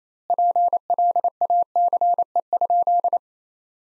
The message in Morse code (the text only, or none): PLACE?